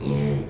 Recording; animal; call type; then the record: contact call of a hoofed animal; pig; closed-mouth grunt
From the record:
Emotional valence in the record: negative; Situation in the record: short social isolation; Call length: 0.50 s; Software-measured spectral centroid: 1500 Hz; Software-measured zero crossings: 640 a second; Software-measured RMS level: -24 dBFS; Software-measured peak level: -13 dBFS